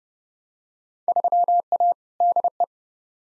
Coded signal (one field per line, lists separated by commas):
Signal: Morse code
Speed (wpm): 32 wpm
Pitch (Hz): 700 Hz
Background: none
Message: 3A DE